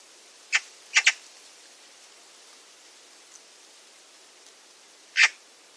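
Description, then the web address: Bird calls: a single sharp note followed by a quick double note, then a long pause before one more call. "cianscape birddata Deverinetal 2025"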